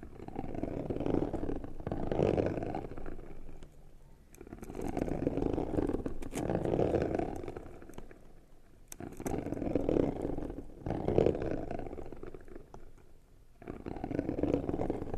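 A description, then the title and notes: A hand scratches and rubs across a cardboard box in long, rough strokes, each lasting a few seconds with brief pauses between them. The texture is coarse and mostly low to mid in tone, with occasional sharper scrapes cutting through. Scratching, Rubbing & Tracing on Cardboard Boxes (NO TALKING).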